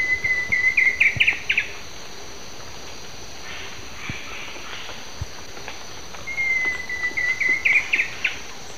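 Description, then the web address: Ocellated Woodcreeper song: two phrases, each a drawn-out whistle ending in rapid stuttering notes, separated by a long pause. Eastern lowlands of South America. "Natures Songs S America Eastern Lowlands Xiphorhynchus ocellatus, song"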